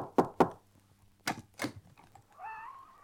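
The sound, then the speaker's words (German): Four sharp knocks on a hospital room door, struck in two quick pairs with a short pause between, followed by a brief, wavering voice-like call. “Hier muss er liegen. Klopf doch mal.”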